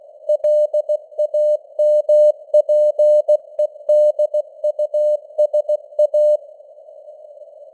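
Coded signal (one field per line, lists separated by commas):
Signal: Morse code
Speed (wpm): 16 wpm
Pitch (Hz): 600 Hz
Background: none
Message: LAMPEDUSA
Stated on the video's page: Morse news headlines at 16 wpm with simulated radio noise and varying signal strength (QSB).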